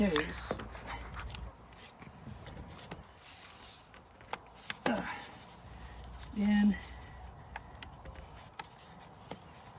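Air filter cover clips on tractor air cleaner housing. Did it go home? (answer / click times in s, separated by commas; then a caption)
no / none. Someone talks while pushing the air filter housing cover on a TYM 574 tractor's air cleaner back into place during an air filter change at 118 hours, trying again to get its clips to latch because aligning two of them does not bring the third in. Only soft knocks and scrapes of handling are heard. Nothing has clicked in, and the cover has not seated.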